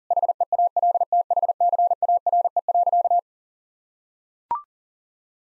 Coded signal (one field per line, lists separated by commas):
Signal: Morse code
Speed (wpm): 40 wpm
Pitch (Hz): 700 Hz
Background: none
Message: HEALTHCARE.